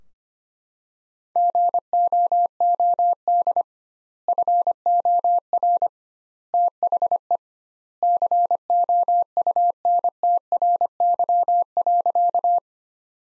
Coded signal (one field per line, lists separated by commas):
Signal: Morse code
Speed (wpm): 25 wpm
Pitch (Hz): 700 Hz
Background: none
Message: GOOD FOR THE COUNTRY.